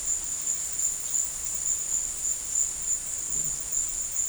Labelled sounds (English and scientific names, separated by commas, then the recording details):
none
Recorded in dense forest near Puerto Asís, Putumayo, Colombia, on 22 December 2024 at 13:00
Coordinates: 0.468, -76.322
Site G071